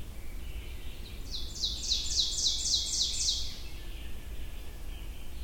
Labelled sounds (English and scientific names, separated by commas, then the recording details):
Ovenbird (Seiurus aurocapilla) song
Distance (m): 25 m
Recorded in boreal forest in Alberta, Canada, on 22 June 2016 at 06:39
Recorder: SongMeter 3, array SBT-6-76
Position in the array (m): 162 m, 130 m
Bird 3